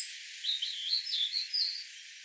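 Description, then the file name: European robin song: a quick run of short, varied high twittering notes that rise and fall, opening with a thin very high note. "Erithacus rubecula"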